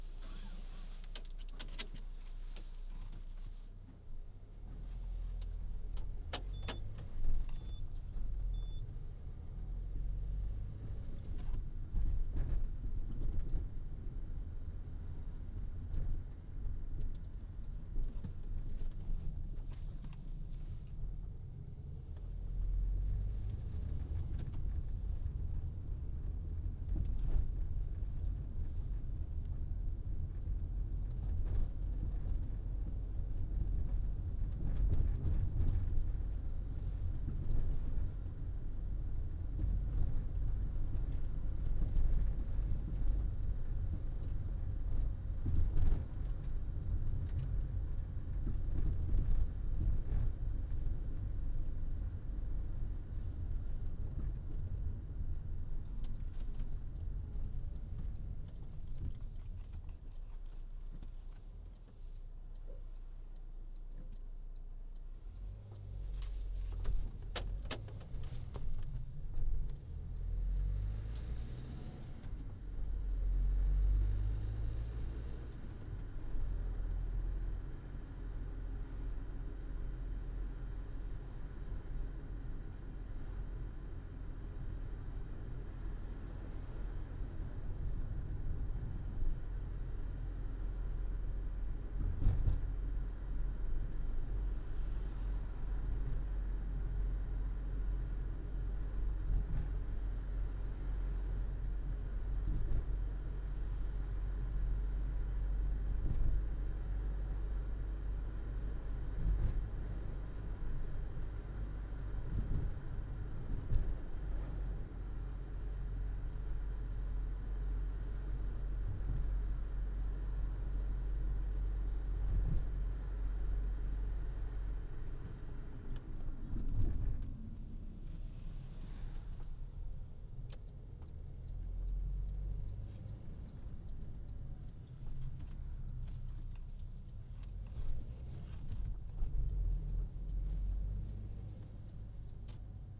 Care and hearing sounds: everyday scene through a hearing-aid microphone; in a vehicle; engine, other noises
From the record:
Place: Berlingo II, diesel engine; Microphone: in the ear canal, right

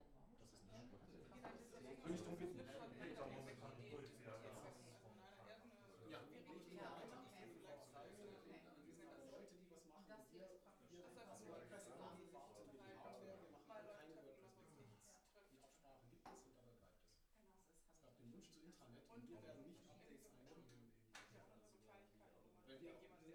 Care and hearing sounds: everyday scene through a hearing-aid microphone; many people talking; many voices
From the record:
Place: bistro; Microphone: behind the ear, left, front

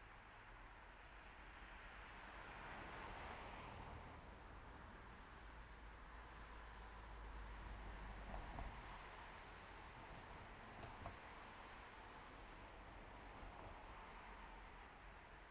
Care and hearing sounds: everyday scene through a hearing-aid microphone; in traffic; traffic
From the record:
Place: main road on the outskirts, rush hour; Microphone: behind the ear, left, front

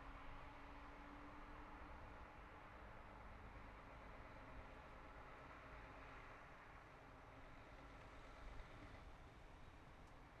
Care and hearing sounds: everyday scene through a hearing-aid microphone; in traffic; traffic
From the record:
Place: city secondary road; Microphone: behind the ear, left, front

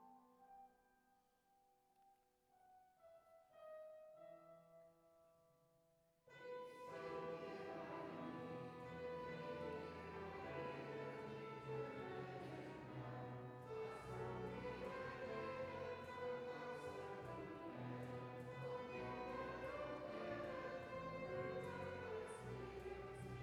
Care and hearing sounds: everyday scene through a hearing-aid microphone; reverberant space; music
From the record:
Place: church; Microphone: behind the ear, left, rear

